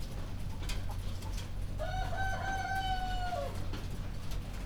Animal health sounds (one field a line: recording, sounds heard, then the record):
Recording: poultry house recording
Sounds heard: healthy chickens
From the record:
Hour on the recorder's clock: 2